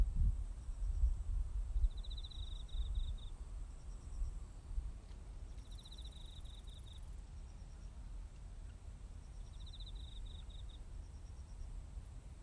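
Cricket chirping: three brief, rapidly pulsed high trills separated by pauses of a few seconds, with a constant low hum beneath.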